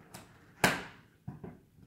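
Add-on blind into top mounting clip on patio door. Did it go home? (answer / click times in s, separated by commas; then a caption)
yes / 0.7 s. An add-on blind is pushed up and snapped into the mounting clip on the top of a patio door frame. A faint tap comes at 0.2 s, then a sharp, loud pop-click at 0.7 s that rings out briefly, followed by two softer knocks near 1.3 and 1.4 s. The blind seats into the top bracket with the click at 0.7 s.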